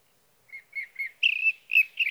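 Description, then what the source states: Sage thrasher song: three short soft notes, then a longer warbled trill and quick scratchy phrases, rising slightly in pitch. Male singing through the night near his night roost, evening of June 12 to morning of June 15, 2018, Sierra Valley, California; Swift recorder.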